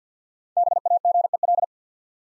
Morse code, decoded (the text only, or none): BAGEL